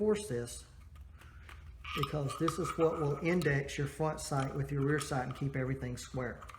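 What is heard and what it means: A Mil-Spec rifle barrel is being installed into an M4 CQBR 10.3" carbine upper receiver, with the pin indexing the parts as they are handled before being pushed together. Someone talks throughout, with a couple of faint, brief handling ticks near 1.0 and 1.5 seconds. Nothing has seated or clicked yet by the end of the clip.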